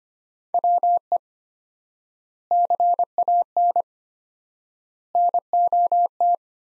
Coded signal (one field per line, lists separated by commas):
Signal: Morse code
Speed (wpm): 25 wpm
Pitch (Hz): 700 Hz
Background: none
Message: WE CAN NOT